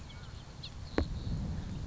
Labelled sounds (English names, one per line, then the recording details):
House Finch
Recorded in Sonoma County, California